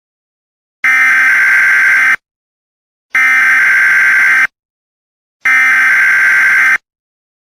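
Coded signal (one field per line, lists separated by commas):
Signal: Emergency Alert System (SAME) tones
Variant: header bursts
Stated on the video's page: Fictional simulated EAS scenario using valid EAS tones.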